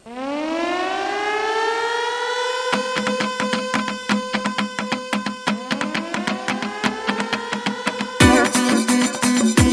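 A civil defense siren winds up in a long, rising wail as a piece of music opens, then pounding drums and band music crash in while the siren keeps wailing and climbs again beneath the beat.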